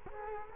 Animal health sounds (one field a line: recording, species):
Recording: mosquito wingbeat signal from an infrared sensor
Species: Culex quinquefasciatus